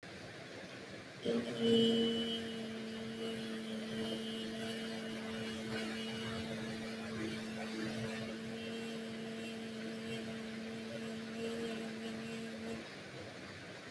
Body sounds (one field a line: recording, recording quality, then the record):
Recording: sustained vowel as in made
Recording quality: excellent, no background noise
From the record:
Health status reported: healthy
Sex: female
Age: 22 years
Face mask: not worn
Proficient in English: yes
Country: India